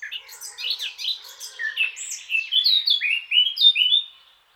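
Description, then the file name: Eurasian blackcap song: a rapid mixed warble turning into loud, clear fluted whistles, about four seconds long. "Sylvia atricapilla"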